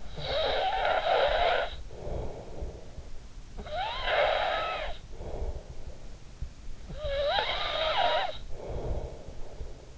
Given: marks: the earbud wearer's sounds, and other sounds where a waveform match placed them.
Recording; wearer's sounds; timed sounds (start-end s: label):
sounds in sleep by an in-ear microphone; snoring breath
0.00-3.25 s: snoring breath
3.48-6.60 s: snoring breath
7.00-9.34 s: snoring breath